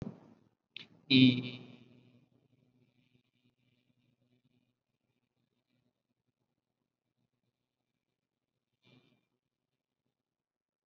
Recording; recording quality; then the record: sustained vowel as in beet; excellent, no background noise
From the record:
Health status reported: COVID-19 positive, mild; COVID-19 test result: positive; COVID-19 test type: RT-PCR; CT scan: not taken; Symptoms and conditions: none ticked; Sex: male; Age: 26 years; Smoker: no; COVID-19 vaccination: one dose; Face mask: worn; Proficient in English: yes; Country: India